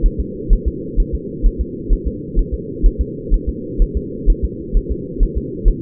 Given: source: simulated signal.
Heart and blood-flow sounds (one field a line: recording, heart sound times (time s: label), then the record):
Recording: fetal heart sounds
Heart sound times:
0.06 s: S1
0.20 s: S2
0.53 s: S1
0.68 s: S2
1.00 s: S1
1.15 s: S2
1.46 s: S1
1.61 s: S2
1.93 s: S1
2.07 s: S2
2.39 s: S1
2.54 s: S2
2.86 s: S1
3.01 s: S2
3.34 s: S1
3.49 s: S2
3.82 s: S1
3.97 s: S2
4.30 s: S1
4.45 s: S2
4.77 s: S1
4.92 s: S2
5.23 s: S1
5.38 s: S2
5.68 s: S1
From the record:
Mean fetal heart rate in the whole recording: 130 bpm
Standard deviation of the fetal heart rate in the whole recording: 4 bpm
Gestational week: 38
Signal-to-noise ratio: -4.1 dB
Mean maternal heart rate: no maternal heart sound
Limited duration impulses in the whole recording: absent